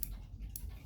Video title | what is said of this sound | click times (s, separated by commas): doing a clock click, and spring repair. | And you can actually hear the click as we engage. | 0.0 s, 0.6 s